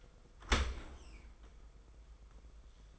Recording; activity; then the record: daily activity, microphone in the room; open dishwasher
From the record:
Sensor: 5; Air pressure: 990.6 hPa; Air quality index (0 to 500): 166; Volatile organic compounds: 337 ppm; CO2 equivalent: 4558 ppm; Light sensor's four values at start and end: 38/114/44/47 and 37/114/44/47